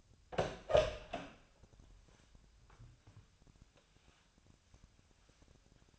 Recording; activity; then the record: daily activity, microphone in the room; open door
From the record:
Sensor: 2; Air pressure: 1007.4 hPa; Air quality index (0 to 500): 182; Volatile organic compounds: 10 ppm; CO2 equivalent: 2229 ppm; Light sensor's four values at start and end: 10/23/10/10 and 10/24/10/10